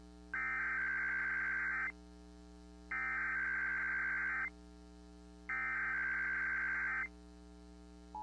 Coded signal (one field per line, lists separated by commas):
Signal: Emergency Alert System (SAME) tones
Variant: header bursts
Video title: PREPARING FOR THE HOLIDAYS... EAS Tests from November 2022 (EAS #1,708 - 1,760)